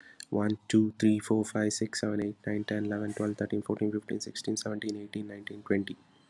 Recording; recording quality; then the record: counting at a fast pace; excellent, no background noise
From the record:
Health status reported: COVID-19 positive, mild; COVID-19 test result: positive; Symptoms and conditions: sore throat, fever, fatigue, muscle pain, loss of smell and taste, diarrhoea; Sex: male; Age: 35 years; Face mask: not worn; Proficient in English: yes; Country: India